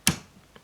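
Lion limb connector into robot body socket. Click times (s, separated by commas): 0.1 s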